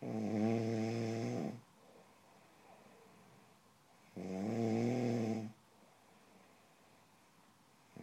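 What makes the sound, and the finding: Sleeper. Snoring.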